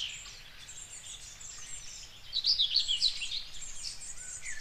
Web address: ornithologie dorngrasmuecke 2 m 08 St We Spreewald